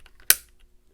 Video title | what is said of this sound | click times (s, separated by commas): Clean Your Beretta APX Carry With Hoppe’s No.9 Pistol Cleaning Kit! #BerettaAPXCarry #Hoppe’sNo.9 | it brings it down. Pop down in there, and now we go and pull it back, locked | 0.3 s